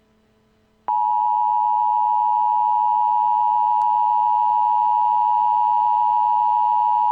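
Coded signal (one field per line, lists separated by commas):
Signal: Emergency Alert System (SAME) tones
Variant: 853 and 960 Hz attention tone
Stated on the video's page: Fictional horror EAS scenario, not a real alert.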